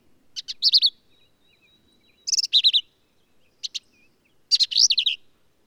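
Black-capped vireo song in four crisp, high phrases of rapid rasping notes and slurred whistles, with clear quiet gaps between them.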